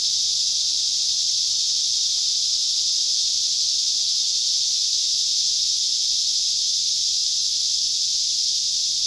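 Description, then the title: Cicadas in a steady, high, hissing chorus that holds an even pitch without a break for the whole stretch. Cicadas calling at Trinity. "neoscenes: cicadas at Trinity"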